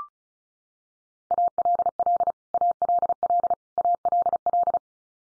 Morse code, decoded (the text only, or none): ALL ALL ALL